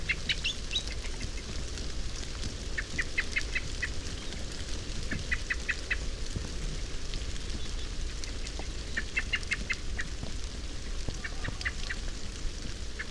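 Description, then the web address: Common blackbird repeating series of hard clicking chink notes, bursts recurring every few seconds, over a steady low-pitched rumble. "SETE data Turdus merula"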